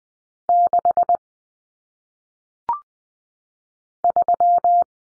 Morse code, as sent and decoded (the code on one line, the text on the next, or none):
-.... / ...--
6 3